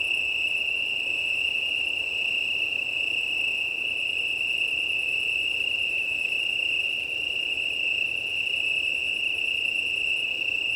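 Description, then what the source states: Italian tree cricket chorus, a seamless, level trill filling the whole stretch, with faint rapid pulsed chirping from other insects and continuous wind. Chorus of many Italian tree crickets at start of night, 20:35 on 18 September 2019, Plateau de Lesches en Diois, Drôme, France; windy; recorded with Nomad six-track recorder and MKH8020 microphones.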